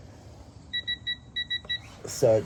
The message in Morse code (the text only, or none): none